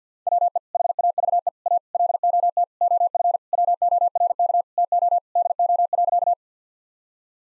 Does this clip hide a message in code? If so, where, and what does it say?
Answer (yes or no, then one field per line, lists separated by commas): yes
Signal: Morse code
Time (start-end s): 0.3-6.3 s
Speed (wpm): 50 wpm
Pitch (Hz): 700 Hz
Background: none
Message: WE HAVE A LOT OF WORK TO DO.